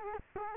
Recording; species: mosquito wingbeat signal from an infrared sensor; Culex quinquefasciatus